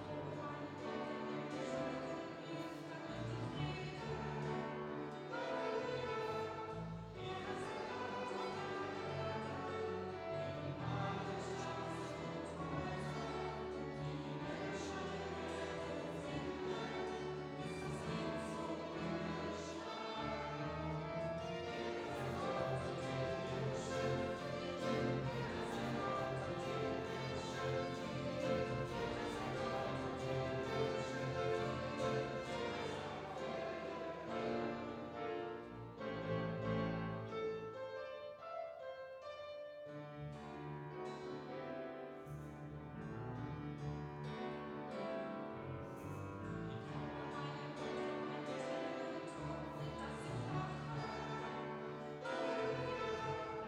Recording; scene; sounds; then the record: everyday scene through a hearing-aid microphone; reverberant space; music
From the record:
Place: church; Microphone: in the ear canal, right